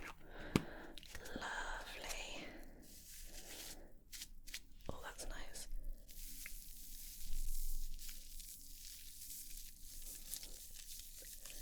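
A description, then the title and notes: Crinkling handling sounds come with scattered sharp taps, one loud click just after the start and more around four to five seconds. After six seconds the crinkling turns into a steadier, brighter rustle, swelling briefly near seven seconds before settling. September Glossybox Unboxing!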